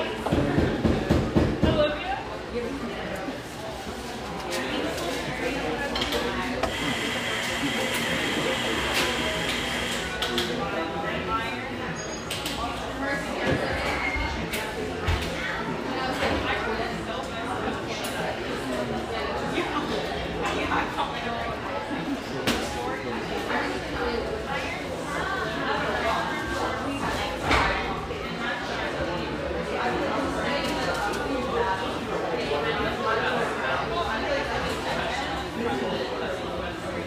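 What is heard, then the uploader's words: Inside a mellow, exposed-brick spot frequented by railyard staff, voices chatter steadily throughout. The first two seconds open with a few loud, low thumps. Around 5 to 10 seconds a bright whirring tone runs beneath the talk, with scattered clinks and knocks continuing after. Overlook, Portland, Oregon. Riverside on Portland's east Willamette banks, this industrial neighborhood sports some quality coffeehouses, including this mellow, exposed-brick gem frequented by railyard staff.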